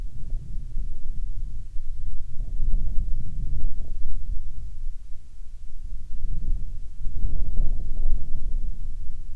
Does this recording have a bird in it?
no